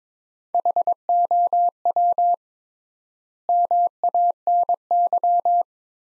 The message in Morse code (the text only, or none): HOW MANY